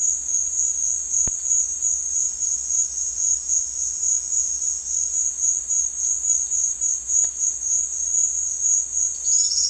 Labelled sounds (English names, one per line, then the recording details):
none
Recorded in secondary vegetation near Puerto Asís, Putumayo, Colombia, on 9 March 2025 at 15:30
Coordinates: 0.499, -76.323
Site G094